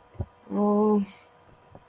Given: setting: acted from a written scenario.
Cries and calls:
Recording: vocal sound without words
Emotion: shame

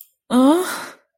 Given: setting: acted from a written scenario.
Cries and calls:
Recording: vocal sound without words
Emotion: negative surprise

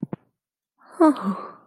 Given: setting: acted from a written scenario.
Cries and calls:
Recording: vocal sound without words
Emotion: positive surprise

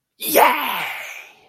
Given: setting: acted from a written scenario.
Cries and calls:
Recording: vocal sound without words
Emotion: ecstasy

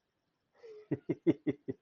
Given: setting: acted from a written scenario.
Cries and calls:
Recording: vocal sound without words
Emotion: amusement

